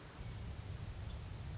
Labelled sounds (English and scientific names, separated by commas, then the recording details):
Orange-crowned Warbler (Leiothlypis celata)
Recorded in Sonoma County, California